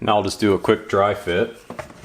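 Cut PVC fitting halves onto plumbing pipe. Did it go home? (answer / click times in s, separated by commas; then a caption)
no / none. Someone talks while starting a dry fit of two halves of a notched, cut PVC fitting being handled around a plumbing pipe to patch screw holes. A brief sharp handling sound comes at about 1.8 s, and nothing has seated or clicked yet.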